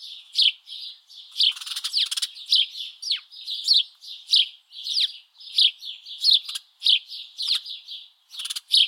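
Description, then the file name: House sparrow chirps, quick loud calls in a lively series, some sliding downward, with a short buzzing rattle early on. "Passer domesticus"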